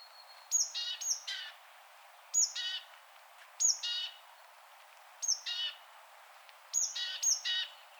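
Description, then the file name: Great tit calling: high sharp notes, each dropping into a harsh rattling churr, given singly or in twos and repeated in several clusters. "Parus major"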